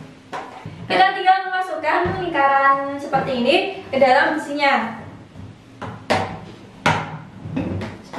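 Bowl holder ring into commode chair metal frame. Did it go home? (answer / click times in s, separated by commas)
yes / 6.9 s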